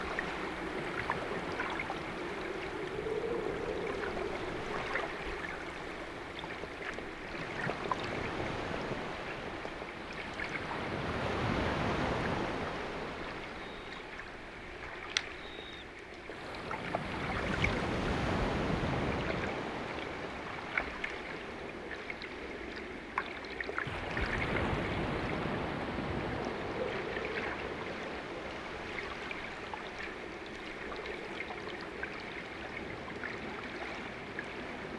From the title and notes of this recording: Underwater with grey seals in the Outer Hebrides. We're on a boat in the Outer Hebrides at anchor near a small island. An underwater microphone captures grey seals swimming around the hull of the small boat while a full moon hangs in the still night. Recorded by musician David de la Haye.